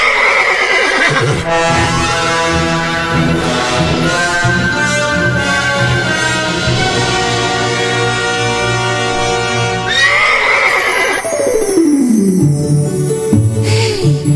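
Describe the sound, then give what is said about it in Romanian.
A stallion neighs loudly and at length, a strained, wavering whinny that rises and trembles, then breaks into a second shrill call that slides downward in pitch, with no talking. “Eu sunt armăsarul lui Limir împărat, pe care nimeni, în afară de dânsul, nu l-a încălecat. Urcă-te și ține-te bine, da.”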